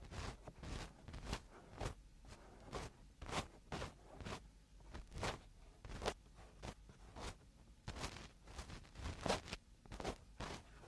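Eardrum cleaning: rapid scratchy rubbing strokes, roughly two per second, bright crackly scrapes over a low rumbling rustle throughout.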